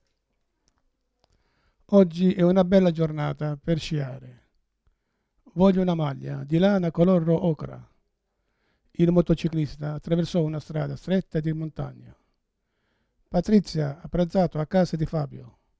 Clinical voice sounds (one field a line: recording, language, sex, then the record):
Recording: read phrases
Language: Italian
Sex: male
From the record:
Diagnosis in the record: Parkinson's disease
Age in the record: 71 years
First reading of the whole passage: 62 s, 8.3 characters per second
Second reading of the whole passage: 53 s, 9.9 characters per second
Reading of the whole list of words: 66 s, 4.2 characters per second